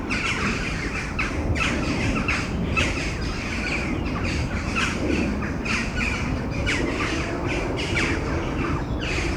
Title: Domaine de Tivoli, Malines, Belgique, Belgium - Corneilles avant lorage - Crows before the storm